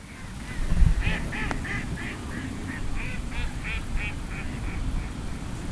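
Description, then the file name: Mallard giving a run of repeated nasal quacks, fairly even in pitch, over steady deep rumbling background noise with a single sharp click early on. "magamo"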